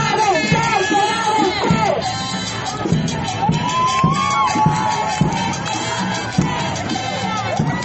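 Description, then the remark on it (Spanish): A large crowd of women protesters at an abortion-rights sit-in in La Paz shouts the slogan 'que caiga el patriarcado' (let patriarchy fall) together in loud, rhythmic bursts, many voices overlapping in a dense, steady roar with sharp accents every half second or so. “Vamos a seguir entrevistando compañeras que están animadas, gritando que caiga el patriarcado.”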